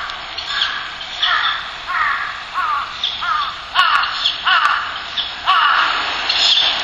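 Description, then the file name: Crow caws, a series of harsh, arched calls repeated several times over steady background noise. "フクロウ雛とカラス"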